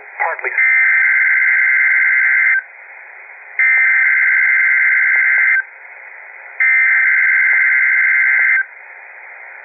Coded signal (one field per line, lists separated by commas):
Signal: Emergency Alert System (SAME) tones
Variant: header bursts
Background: speech